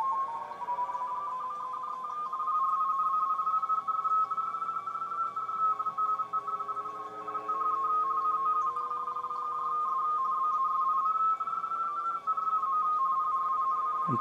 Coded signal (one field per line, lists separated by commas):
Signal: RTTY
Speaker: but if I tuned this in we should see that meter rise [Music] [Music] [Music] peak